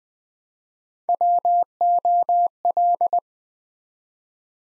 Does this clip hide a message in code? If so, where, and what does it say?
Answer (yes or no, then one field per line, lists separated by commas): yes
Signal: Morse code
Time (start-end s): 1.1-3.2 s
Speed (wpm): 20 wpm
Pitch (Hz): 700 Hz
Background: none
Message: WOL